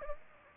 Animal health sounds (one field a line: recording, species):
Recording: mosquito wingbeat signal from an infrared sensor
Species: Aedes aegypti